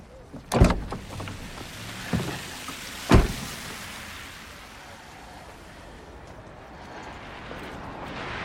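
Someone climbs into a car at night in pouring rain: a few rustling knocks and shifting thuds, then a single solid door slam, followed by a steady low hiss of rain.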